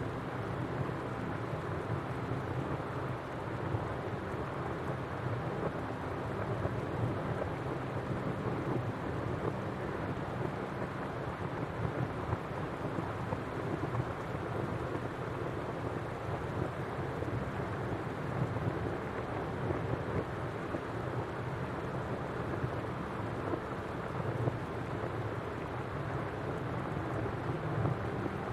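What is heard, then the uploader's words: Rain falls on a fall night in a steady, dense hiss that holds at the same level for the whole half minute. A deep rumble sits underneath, and a faint sustained low tone hums through the wash without changing. Rainy Night In Fall | Peaceful Music with Rain Sounds. Sound: rain sound, water, nature sound. Music: ambient music, atmospheric chords.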